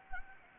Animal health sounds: mosquito wingbeat signal from an infrared sensor; Anopheles gambiae

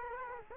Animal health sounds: mosquito wingbeat signal from an infrared sensor; Culex quinquefasciatus

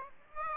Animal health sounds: mosquito wingbeat signal from an infrared sensor; Aedes aegypti

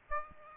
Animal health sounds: mosquito wingbeat signal from an infrared sensor; Aedes aegypti

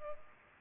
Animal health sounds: mosquito wingbeat signal from an infrared sensor; Culex pipiens

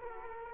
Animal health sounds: mosquito wingbeat signal from an infrared sensor; Aedes aegypti

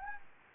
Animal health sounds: mosquito wingbeat signal from an infrared sensor; Anopheles arabiensis

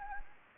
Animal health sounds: mosquito wingbeat signal from an infrared sensor; Anopheles gambiae

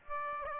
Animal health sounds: mosquito wingbeat signal from an infrared sensor; Aedes aegypti

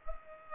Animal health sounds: mosquito wingbeat signal from an infrared sensor; Culex pipiens

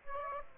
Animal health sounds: mosquito wingbeat signal from an infrared sensor; Aedes aegypti

